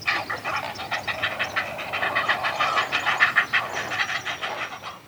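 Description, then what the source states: Great Blue Herons giving harsh, throaty, rapidly repeated calls, overlapping in a busy chattering chorus. Adults and chicks making throaty calls at a breeding colony (heronry).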